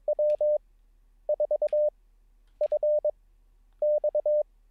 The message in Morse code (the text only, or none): W4FX